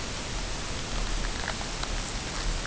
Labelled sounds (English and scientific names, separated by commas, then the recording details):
none
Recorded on Arctic tundra, site UTQI-5, on 21 June 2018
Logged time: 14:00